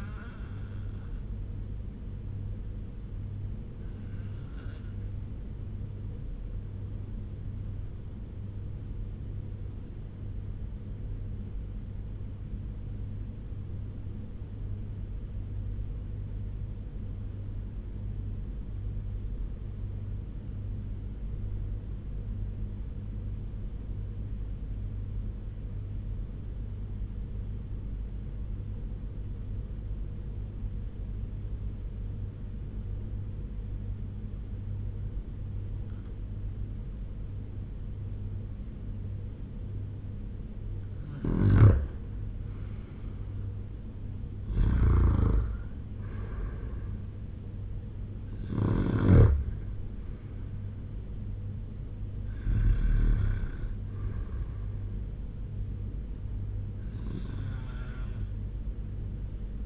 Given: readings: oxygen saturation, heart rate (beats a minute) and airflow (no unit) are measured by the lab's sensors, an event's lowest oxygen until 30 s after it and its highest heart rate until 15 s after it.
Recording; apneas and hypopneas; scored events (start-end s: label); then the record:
breathing in sleep by a smartphone at the bedside; 1
3.00-42.80 s: obstructive apnea (REM, oxygen 96% highest, then 87% lowest, heart rate 78 at the start, 87 highest)
From the record:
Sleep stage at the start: REM sleep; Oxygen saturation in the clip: 85 to 96%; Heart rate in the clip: 75 to 87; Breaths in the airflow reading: 4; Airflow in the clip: -8.3 to 10.9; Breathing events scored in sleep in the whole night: 201 in 6.5 hours asleep